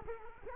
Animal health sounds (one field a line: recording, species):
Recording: mosquito wingbeat signal from an infrared sensor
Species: Culex quinquefasciatus